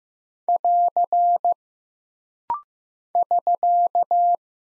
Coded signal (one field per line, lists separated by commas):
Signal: Morse code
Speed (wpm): 15 wpm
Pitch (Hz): 700 Hz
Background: none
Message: <AR> <SK>